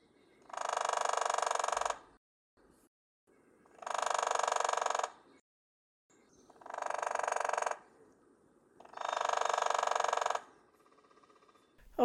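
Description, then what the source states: Hairy Woodpecker drumming: four long, dense rolls of very fast taps, each lasting over a second, separated by short silent pauses. Drums faster than the Downy, about 26 beats per second, and slightly longer, averaging about 1 second; gaps between drums shortened in the recording, much longer in reality.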